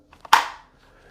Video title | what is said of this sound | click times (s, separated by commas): Every Day Carry | you hear that click I love the click I want the click because | 0.3 s